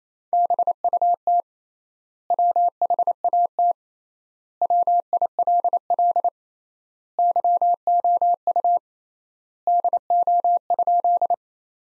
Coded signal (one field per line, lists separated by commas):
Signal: Morse code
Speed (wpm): 27 wpm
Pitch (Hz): 700 Hz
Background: none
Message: BUT WHAT WILL YOU DO?